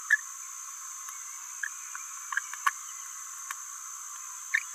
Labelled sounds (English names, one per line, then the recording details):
Green-rumped Parrotlet babbling
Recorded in a nest box in Venezuela
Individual 18B17A4